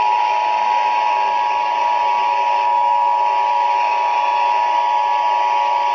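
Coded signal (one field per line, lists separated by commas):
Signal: Emergency Alert System (SAME) tones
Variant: 853 and 960 Hz attention tone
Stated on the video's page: Fictional EAS scenario; simulated alert, not a real broadcast.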